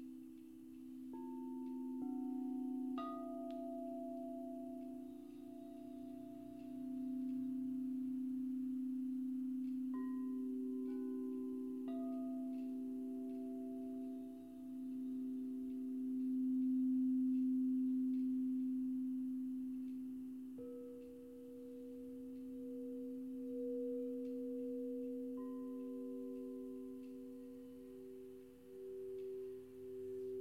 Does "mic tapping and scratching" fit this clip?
no